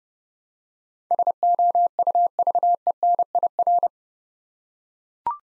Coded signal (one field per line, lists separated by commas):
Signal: Morse code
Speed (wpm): 30 wpm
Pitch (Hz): 700 Hz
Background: none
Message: SOUVENIR